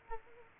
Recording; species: mosquito wingbeat signal from an infrared sensor; Culex quinquefasciatus